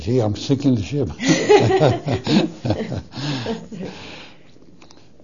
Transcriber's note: they laugh